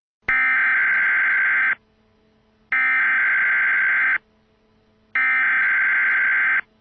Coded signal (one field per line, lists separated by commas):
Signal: Emergency Alert System (SAME) tones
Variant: header bursts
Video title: Tornado Outbreak EAS Scenario: US East Coast